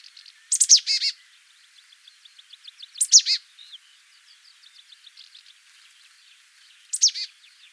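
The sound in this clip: Marsh tit uttering short clusters of sharp, high, downslurred notes three times, a few seconds apart, with soft twittering between them.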